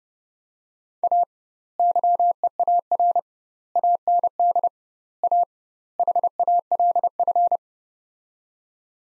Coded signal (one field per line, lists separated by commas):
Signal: Morse code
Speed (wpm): 30 wpm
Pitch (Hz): 700 Hz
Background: none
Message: A YEAR AND A HALF